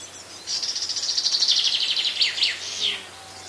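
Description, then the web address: Chaffinch song: a bright, rapid trill of many notes that descends slightly, ending in a quick, falling flourish. Midday on the Lassithi plateau, Greece. "BBC. greece midday atmosphere on lassithi plateau with birds chaffinches and insects"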